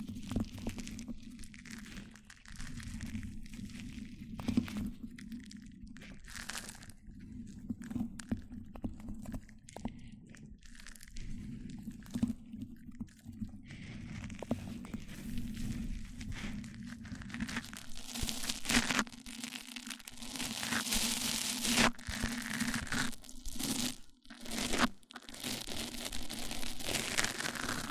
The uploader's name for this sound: MIC ON MIC Triggers Richer Sounds